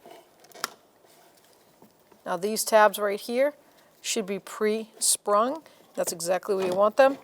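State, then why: Seated. The main wiring harness connector is pushed into the power window switch of a 2008-2012 Jeep Liberty, giving a loud, sharp click at 0.6 s as it seats. Faint small clicks follow near 1.8 and 2.1 s, and then someone talks.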